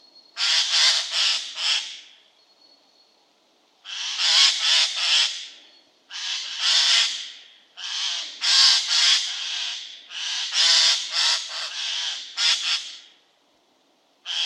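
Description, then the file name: Eurasian jay uttering repeated harsh, grating screeches in clusters of noisy bursts, with brief quiet gaps between groups over about fourteen seconds. "Garrulus glandarius"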